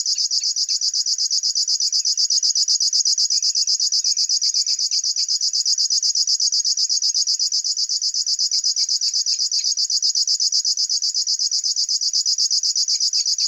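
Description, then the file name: River warbler song, a continuous dry rhythmic buzzing chuffing, very fast and steady throughout. "Schlagschwirl - Locustella fluviatilis"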